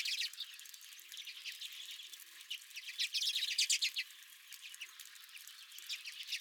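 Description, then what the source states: Redpolls chattering in quick, buzzy, stuttering trills that run almost without pause, several birds calling together. Several redpolls at the recordist's own feeder.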